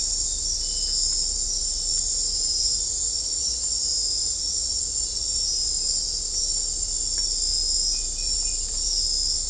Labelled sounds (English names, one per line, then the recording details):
none
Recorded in dense forest near Puerto Asís, Putumayo, Colombia, on 18 December 2024 at 21:00
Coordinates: 0.500, -76.322
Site G053